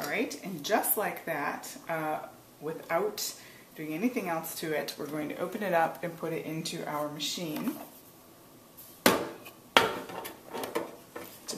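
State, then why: Seated. Someone talks, then the filled bread pan is lowered into the bread machine and pressed onto its mount, snapping into place with a sharp click at 9.8 s. A few quieter knocks follow as it is tugged to check that it is seated.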